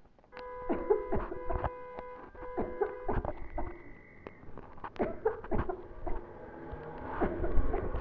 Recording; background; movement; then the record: voluntary coughing; traffic; sitting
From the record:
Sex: female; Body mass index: 18.8 kg/m2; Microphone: on the chest, facing the body